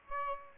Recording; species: mosquito wingbeat signal from an infrared sensor; Aedes aegypti